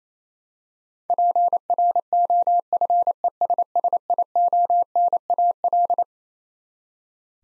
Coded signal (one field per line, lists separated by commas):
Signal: Morse code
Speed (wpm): 28 wpm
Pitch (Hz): 700 Hz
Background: none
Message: PROFESSIONAL